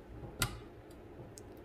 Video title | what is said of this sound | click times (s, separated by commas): MG ZS T16 Turbo - Rear Brake Refurbishment | Hear that clicking? | 0.4 s, 1.4 s